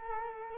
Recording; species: mosquito wingbeat signal from an infrared sensor; Culex quinquefasciatus